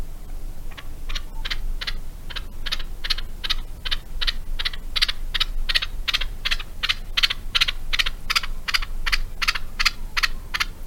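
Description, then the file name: Grey partridge uttering a long series of scratchy clicking notes, about two or three per second, over constant low background noise. "Canto do perdiz moura"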